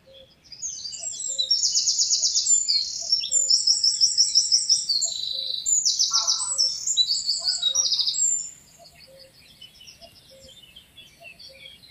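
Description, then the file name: Eurasian wren delivering a long, vigorous song of rapid high trills and sharp rattles for about eight seconds, while a soft lower note repeats evenly in the background. "Troglodytes troglodytes"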